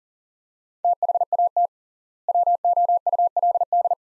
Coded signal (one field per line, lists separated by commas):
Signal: Morse code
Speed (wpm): 40 wpm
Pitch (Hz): 700 Hz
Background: none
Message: THAT WOULD